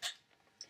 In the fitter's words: Ahí está, cuando escuchamos la trabita,